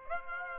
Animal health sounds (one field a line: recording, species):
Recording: mosquito wingbeat signal from an infrared sensor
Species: Aedes aegypti